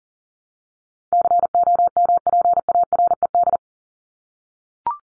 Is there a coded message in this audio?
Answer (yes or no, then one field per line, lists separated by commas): yes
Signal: Morse code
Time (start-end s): 1.1-3.6 s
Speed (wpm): 40 wpm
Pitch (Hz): 700 Hz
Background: none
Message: COMPARED